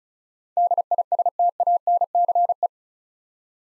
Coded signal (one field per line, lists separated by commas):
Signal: Morse code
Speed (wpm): 36 wpm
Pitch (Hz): 700 Hz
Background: none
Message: DISTANCE